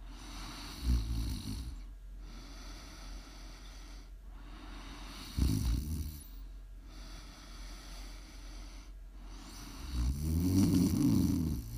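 An adult woman snores while asleep: three low, rattling snores come on inspiration, roughly every five seconds (about 12 a minute), with the last one longer and more fluttering. A steady hiss fills the background. This is ordinary snoring during sleep.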